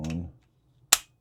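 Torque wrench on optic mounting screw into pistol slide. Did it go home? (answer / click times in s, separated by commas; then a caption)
yes / 0.9 s. Someone talks at the start, then a torque wrench set to 15 inch-pounds tightens the second mounting screw of a Holosun 407 COMP red dot optic into the slide of a Canik Rival SFX pistol. A single sharp, bright click sounds at 0.9 s, confirming the wrench has reached its setting.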